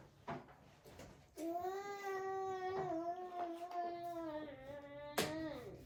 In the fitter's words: Until it clicks.